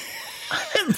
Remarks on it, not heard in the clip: You couldn't hear that cough, could you? I just had to clear the passage.